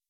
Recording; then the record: hydrophone in a shrimp aquaculture tank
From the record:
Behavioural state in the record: weakened